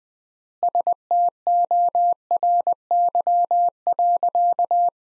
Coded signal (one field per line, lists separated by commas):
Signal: Morse code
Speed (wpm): 19 wpm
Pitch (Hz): 700 Hz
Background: none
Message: STORY.